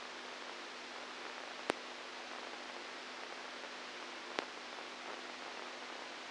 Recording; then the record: brain microelectrode recording played as sound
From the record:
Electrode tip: inside the subthalamic nucleus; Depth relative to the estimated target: -2 mm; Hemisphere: right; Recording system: NeuroSet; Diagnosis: Parkinson's disease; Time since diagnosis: 10 years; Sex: female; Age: 67 years